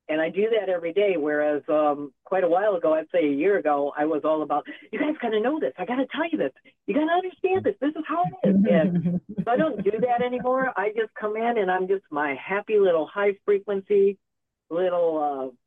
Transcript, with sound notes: and I do that every day, whereas, um, quite a while ago, I'd say a year ago, I was all about, "You guys gotta know this. I gotta tell you this. You gotta understand this.
This is how it is." And-
(laughs)
... but I don't do that anymore. I just come in and I'm just my happy little high frequency little